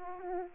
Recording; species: mosquito wingbeat signal from an infrared sensor; Aedes aegypti